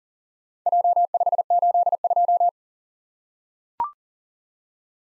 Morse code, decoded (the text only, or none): J582